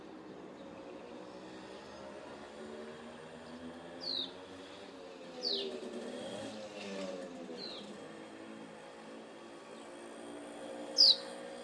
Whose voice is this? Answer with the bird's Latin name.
Delichon urbicum